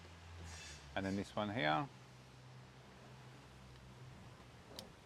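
Someone talks, then the crimped contact on the positive (fused) wire is pushed into a plastic Anderson-style power plug housing over a steady low hum. A short, sharp click at 4.8 s shows the terminal seating straight away.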